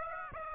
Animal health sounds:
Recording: mosquito wingbeat signal from an infrared sensor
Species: Aedes aegypti

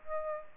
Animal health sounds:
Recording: mosquito wingbeat signal from an infrared sensor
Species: Aedes aegypti

